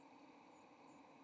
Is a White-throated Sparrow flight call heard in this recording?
yes